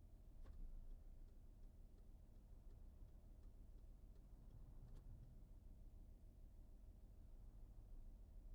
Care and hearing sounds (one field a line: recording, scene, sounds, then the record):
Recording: everyday scene through a hearing-aid microphone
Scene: in a vehicle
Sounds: engine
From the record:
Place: VW T5 Caravelle, diesel engine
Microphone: behind the ear, right, rear